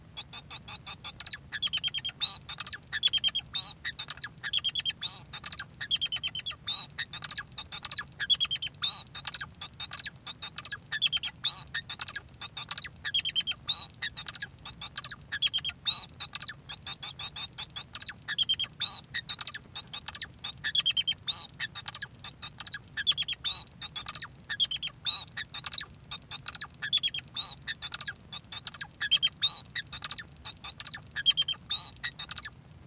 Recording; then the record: song of a male Bengalese finch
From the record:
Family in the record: son of father 2